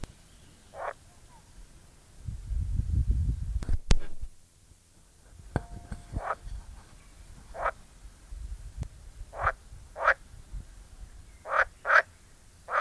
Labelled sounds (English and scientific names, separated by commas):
Edible Frog (Pelophylax esculentus)